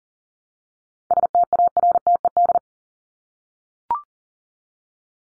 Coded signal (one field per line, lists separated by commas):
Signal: Morse code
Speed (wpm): 40 wpm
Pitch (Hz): 700 Hz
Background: none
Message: STARTED